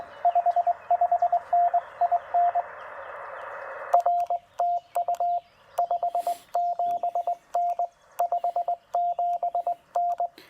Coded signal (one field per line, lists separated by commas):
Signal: Morse code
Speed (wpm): 20 wpm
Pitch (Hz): 700 Hz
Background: radio noise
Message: 55N IN RTU 57N 57N